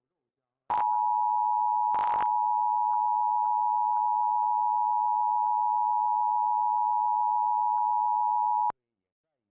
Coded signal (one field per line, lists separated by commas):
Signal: Emergency Alert System (SAME) tones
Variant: 853 and 960 Hz attention tone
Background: speech